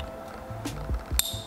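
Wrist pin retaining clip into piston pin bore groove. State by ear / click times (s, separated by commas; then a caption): seated / 1.2 s. A spring-steel wrist pin retaining clip is popped the rest of the way into its groove in the pin bore of a forged piston for a 1.6L Miata engine build, with a small pick used to press it down and guide it in. It snaps home with a sharp, bright click at 1.2 s, seating the clip in place to stop the wrist pin. Faint background music and soft handling noises run underneath.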